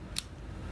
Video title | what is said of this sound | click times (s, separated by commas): 561 - A Better Hearing Amplifier and E-Paper That Saves to PDF | this fits in my pocket and the battery just snaps right in here with a magnet just | 0.2 s